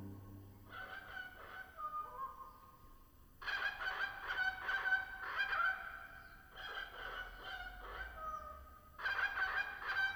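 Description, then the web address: Black currawong giving harsh, ringing calls in several bursts of a few seconds each, loud and rough with some clearer tones, separated by brief quieter gaps. "nagorcka artamidae Black Currawong"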